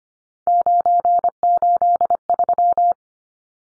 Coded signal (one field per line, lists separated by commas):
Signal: Morse code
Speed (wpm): 25 wpm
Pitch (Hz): 700 Hz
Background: none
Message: 983